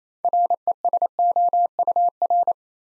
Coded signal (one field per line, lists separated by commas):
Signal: Morse code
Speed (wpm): 27 wpm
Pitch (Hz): 700 Hz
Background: none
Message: RESOUR